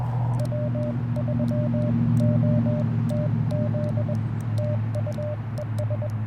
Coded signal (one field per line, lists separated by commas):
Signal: Morse code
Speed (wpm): 22 wpm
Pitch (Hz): 590 Hz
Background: none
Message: W3OTZ TU ES